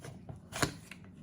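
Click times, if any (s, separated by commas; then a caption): none. A plastic drink-opening slider on a travel mug's screw-on plastic lid is handled and pushed back toward place to keep coffee hot, giving a few light plastic taps and rattles, the loudest around 0.6 s. Nothing has seated or clicked yet.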